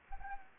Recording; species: mosquito wingbeat signal from an infrared sensor; Anopheles arabiensis